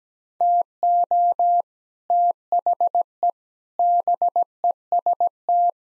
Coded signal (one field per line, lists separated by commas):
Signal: Morse code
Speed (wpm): 17 wpm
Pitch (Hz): 700 Hz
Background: none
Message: TO THE BEST